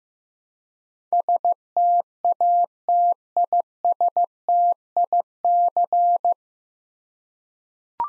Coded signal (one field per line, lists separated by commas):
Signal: Morse code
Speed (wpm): 15 wpm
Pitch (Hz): 700 Hz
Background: none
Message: STATISTIC